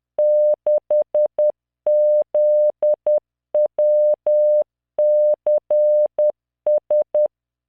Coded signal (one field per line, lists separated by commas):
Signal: Morse code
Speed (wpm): 10 wpm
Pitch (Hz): 600 Hz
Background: none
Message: 6ZWCS